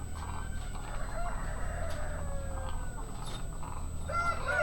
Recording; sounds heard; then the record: poultry house recording; sick chickens (respiratory disease)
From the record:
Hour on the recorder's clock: 1